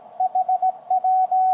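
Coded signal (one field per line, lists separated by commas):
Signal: Morse code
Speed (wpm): 19 wpm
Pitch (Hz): 750 Hz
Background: radio noise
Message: HW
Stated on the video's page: QRP rigs such as KX2, Weber MTR, Pixie on a 10/20/40 half-wave end-fed antenna.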